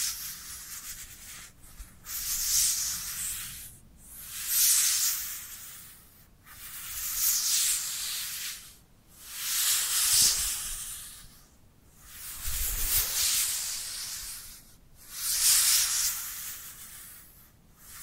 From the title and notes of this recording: Dry Dry Hand Sounds. (No Talking).